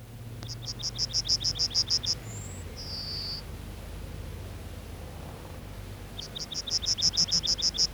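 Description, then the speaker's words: Yellowhammer song: a rapid series of thin, high repeated notes ending in two drawn-out notes, then a second run of the repeated notes begins, with a faint low background hum. Often a seven-part song, rendered 'tsi-tsi-tsi-tsi-tsi-tsi-fyy'. "Keltasirkku laulaa usein seitsemänosaisen laulun. Tsi-tsi-tsi-tsi-tsi-tsi-fyy."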